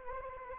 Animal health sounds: mosquito wingbeat signal from an infrared sensor; Anopheles arabiensis

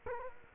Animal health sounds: mosquito wingbeat signal from an infrared sensor; Culex quinquefasciatus

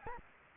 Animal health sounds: mosquito wingbeat signal from an infrared sensor; Aedes aegypti

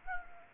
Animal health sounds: mosquito wingbeat signal from an infrared sensor; Anopheles gambiae

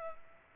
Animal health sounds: mosquito wingbeat signal from an infrared sensor; Culex pipiens

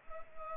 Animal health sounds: mosquito wingbeat signal from an infrared sensor; Culex pipiens

